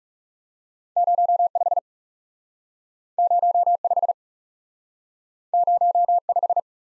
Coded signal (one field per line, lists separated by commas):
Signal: Morse code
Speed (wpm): 38 wpm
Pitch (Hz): 700 Hz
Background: none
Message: 05 05 05